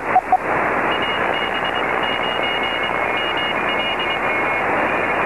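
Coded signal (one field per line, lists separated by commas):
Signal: Morse code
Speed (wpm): 23 wpm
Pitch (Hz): 2850 Hz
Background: radio noise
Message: AB9ML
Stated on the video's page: CW on 15 meters.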